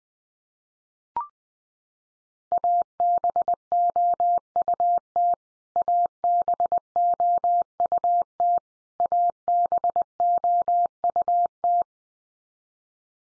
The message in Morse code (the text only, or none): ABOUT ABOUT ABOUT